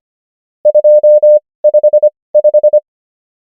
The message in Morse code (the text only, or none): 255